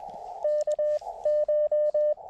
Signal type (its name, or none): Morse code